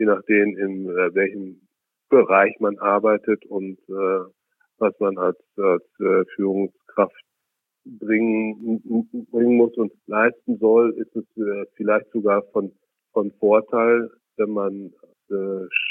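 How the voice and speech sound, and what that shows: An adult man speaking German repeats words and syllables, draws out sounds and pauses often, typical of stuttering.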